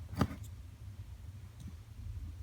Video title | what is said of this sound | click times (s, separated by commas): RaceChip XLR - Unboxing, Installation and Real World Test - W204 C180 | all right so you can see that is properly connected and this gray tab is being pushed back in place so | 0.2 s